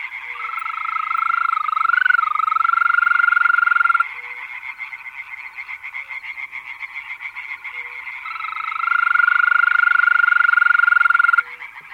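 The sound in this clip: European green toad giving long, steady, purring trills; loud trills at the start and end with a quieter one between.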